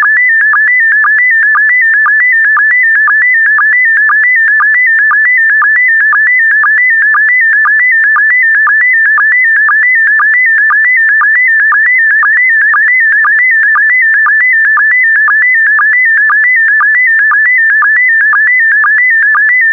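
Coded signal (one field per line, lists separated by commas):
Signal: SSTV (slow-scan television)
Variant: PD120 mode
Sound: warbling tone shifting between pitches, clicking low sync pulse about twice a second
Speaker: complete. You can now check your decoded image against the picture that is shown on the video.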